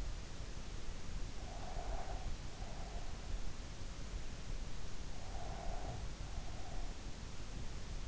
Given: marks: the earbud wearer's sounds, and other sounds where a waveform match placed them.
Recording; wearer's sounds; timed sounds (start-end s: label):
sounds in sleep by an in-ear microphone; breath
1.43-3.31 s: breath
5.40-7.02 s: breath